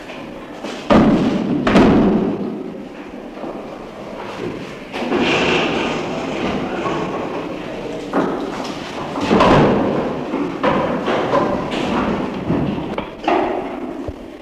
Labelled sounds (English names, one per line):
Chimpanzee